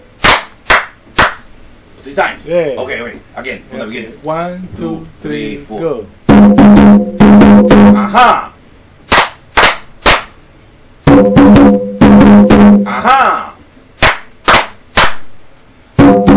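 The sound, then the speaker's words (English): Sharp hand claps land in a steady rhythm, some singly and some in quick bursts, while voices talk and chant drawn-out syllables between and under them; a group rehearsing a rhythm, adding a clap after the chanted "aha". “Now, okay, why don't we add the clap after the aha?”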